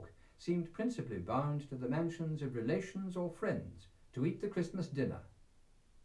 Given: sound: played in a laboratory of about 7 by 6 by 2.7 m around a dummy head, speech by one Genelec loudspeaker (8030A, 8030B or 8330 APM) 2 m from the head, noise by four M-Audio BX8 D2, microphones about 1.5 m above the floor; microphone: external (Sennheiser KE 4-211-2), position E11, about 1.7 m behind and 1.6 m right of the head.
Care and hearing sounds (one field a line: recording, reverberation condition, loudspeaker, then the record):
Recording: male speech in English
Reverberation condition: low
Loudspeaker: in front (0 degrees)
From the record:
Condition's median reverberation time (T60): about 310 ms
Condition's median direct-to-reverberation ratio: about 3.5 dB